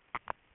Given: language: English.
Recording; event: throat vibration sensor signal played as sound; swallow